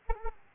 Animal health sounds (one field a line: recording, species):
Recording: mosquito wingbeat signal from an infrared sensor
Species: Aedes albopictus